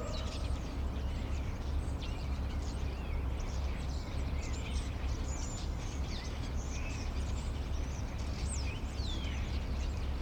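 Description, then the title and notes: Common starling chatter: a run of high slurred whistles, squeaks and clicks, with sharp descending whistles near the end, set against constant low city hum. Several starlings perched on a crane in an inner courtyard of a city block, Rue Tasson-Snel 9, Saint-Gilles, Belgium; recorded with a Sony PCM-M10. "Rue Tasson-Snel 9, 1060 Saint-Gilles, Belgique - Étourneaux - Starlings. Étourneaux sur une grue, intérieur dîlot. Starlings on a crane, Inner courtyard. Sony PCM-M10"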